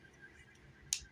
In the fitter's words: fold it into place and just lock into place.